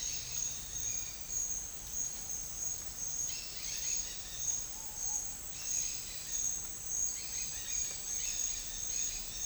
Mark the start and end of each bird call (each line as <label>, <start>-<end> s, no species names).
bird call, 0.00-1.39 s
bird call, 3.15-6.54 s
bird call, 7.12-9.45 s